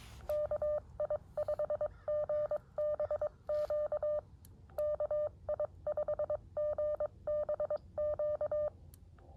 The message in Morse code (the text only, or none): KI5GBQ KI5GBQ